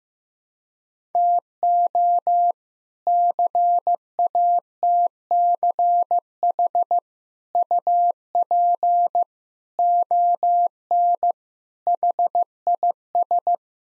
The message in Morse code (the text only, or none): TO CATCH UP ON HIS